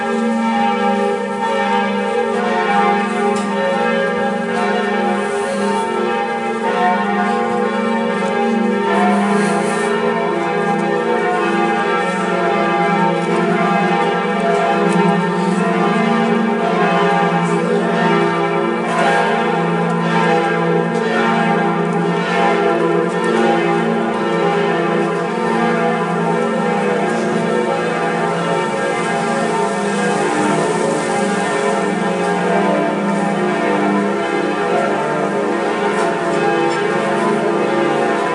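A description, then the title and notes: The bells of Notre-Dame ring together in a dense, continuous peal, the deep Bourdon's hum sustained beneath brighter overlapping strikes. The sound stays full and steady throughout, with frequent metallic clangs layering on one another and long ringing tones that never fade out. A recording I made with Voice Memo of the bells of Notre-Dame. Here are the bells of the North Tower and the amazing Bourdon, the big bell "Emmanuel".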